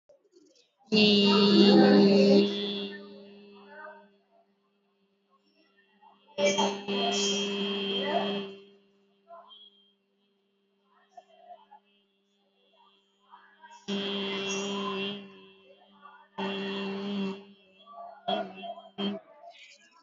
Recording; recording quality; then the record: sustained vowel as in beet; moderate, slight background noise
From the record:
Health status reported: COVID-19 positive, no symptoms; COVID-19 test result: positive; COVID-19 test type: RT-PCR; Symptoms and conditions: cold, sore throat, fatigue, loss of smell and taste, diarrhoea, another condition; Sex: female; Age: 37 years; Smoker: no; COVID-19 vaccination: one dose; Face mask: worn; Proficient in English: yes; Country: India